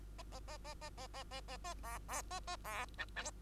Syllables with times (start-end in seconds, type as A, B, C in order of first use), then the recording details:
0.18-0.23 A, 0.32-0.39 A, 0.48-0.57 A, 0.64-0.74 A, 0.81-0.90 A, 0.97-1.07 A, 1.14-1.24 A, 1.31-1.41 A, 1.48-1.57 A, 1.64-1.74 A, 1.83-1.98 B, 2.08-2.22 B, 2.30-2.40 A, 2.47-2.56 A, 2.64-2.85 B, 2.98-3.05 C, 3.16-3.31 D. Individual Bird2